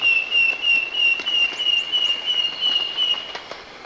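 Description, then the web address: Wing-banded Wren uttering sustained, slightly wavering pure whistles, about three a second and fading toward the end, with faint chirps behind. Recorded in Ecuador. "Natures Songs S America Birds of Ecuador wing-banded Wren"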